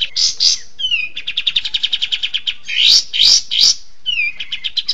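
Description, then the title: Bird song mixing slurred falling whistles, a rapid even series of chirps, and loud harsh rasping notes. Songbird sounds used for training songbirds, a style called masteran. "Suara masteran Burung"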